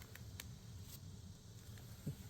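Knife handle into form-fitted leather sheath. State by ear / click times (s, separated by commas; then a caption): seated / 0.4 s. A fixed-blade knife is pushed into its form-fitted leather sheath, which has molded around the handle, over a low steady background. Faint ticks are heard, and the knife slightly clicks into place at 0.4 s because the sheath has formed around the handle, seating it.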